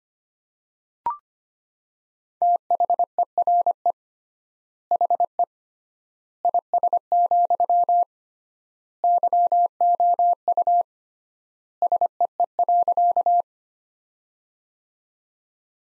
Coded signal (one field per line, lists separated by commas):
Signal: Morse code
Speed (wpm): 25 wpm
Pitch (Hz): 700 Hz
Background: none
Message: THERE HE IS, YOU SEE.